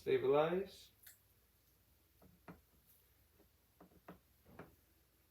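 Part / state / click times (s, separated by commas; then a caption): inner cannula into tracheostomy tube faceplate / seated / 4.6 s. During tracheostomy care, a new plastic inner cannula/faceplate piece is pushed into place in the tracheostomy tube faceplate while someone talks briefly at the start. Short soft clicks and taps are heard at about 2.5, 3.8, 4.1 and 4.6 seconds. The inner cannula clicks into the faceplate at 4.6 seconds and is confirmed seated.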